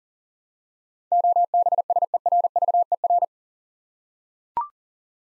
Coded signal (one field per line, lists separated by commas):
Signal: Morse code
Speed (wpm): 40 wpm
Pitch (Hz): 700 Hz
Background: none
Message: OBSERVER